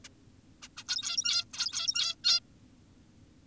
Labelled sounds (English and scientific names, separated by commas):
Zebra Finch (Taeniopygia guttata)